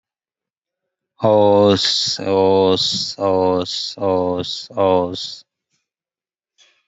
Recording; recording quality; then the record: sustained vowel as in boot; poor, much background noise or distortion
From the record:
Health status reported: COVID-19 positive, mild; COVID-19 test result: positive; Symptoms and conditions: cough, sore throat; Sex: male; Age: 34 years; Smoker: not ticked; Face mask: worn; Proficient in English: yes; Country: India